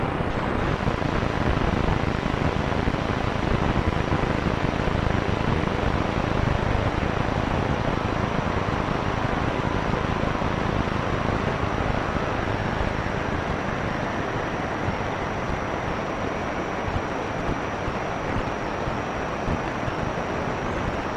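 Radio interference fills the clip as a dense, steady roar of static, strong from deep lows up through the highs. The level holds constant for the full length, with a thin, faint high whine running underneath and no distinct events.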